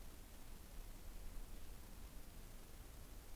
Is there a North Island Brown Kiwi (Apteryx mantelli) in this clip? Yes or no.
no